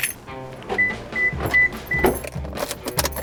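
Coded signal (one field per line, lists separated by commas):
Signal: none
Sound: music sound effect beeps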